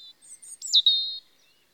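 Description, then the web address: European robin singing a brief high phrase: faint thin notes, then a sharp swooping whistle into a sustained sweet note that fades out. Spring. "BBC Sound Effects Library (Birds) Robin (Erithacus Rubecula) Spring"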